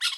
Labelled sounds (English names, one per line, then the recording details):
Brown-throated Parakeet contact call
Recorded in Bonaire
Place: just S of turnoff to Cai, near Lac Bay
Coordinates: 12.126, -68.239